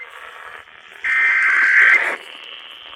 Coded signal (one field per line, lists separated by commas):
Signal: Emergency Alert System (SAME) tones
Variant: header bursts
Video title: THE 2023 PREMIERE! (EAS Compilation) EAS Alerts from 1/9 - 1/10/2023